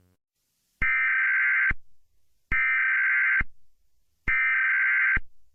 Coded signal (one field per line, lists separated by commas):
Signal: Emergency Alert System (SAME) tones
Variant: header bursts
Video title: rating basic eas alarms! part 1